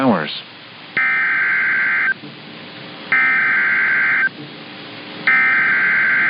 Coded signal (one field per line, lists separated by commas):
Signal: Emergency Alert System (SAME) tones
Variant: header bursts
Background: speech